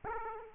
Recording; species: mosquito wingbeat signal from an infrared sensor; Aedes aegypti